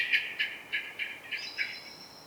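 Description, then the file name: Common blackbird calls, a quick series of short sharp notes, then a thin high drawn-out note. "Turdus merula"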